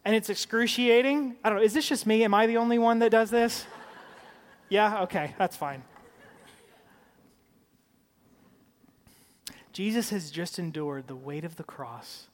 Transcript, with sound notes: and it’s excruciating. I don’t know. Is this just me? Am I the only one that does this? (Laughter!) Yes? Okay, that’s fine. Jesus has just endured the weight of the cross;